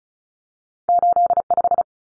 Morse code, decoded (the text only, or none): 85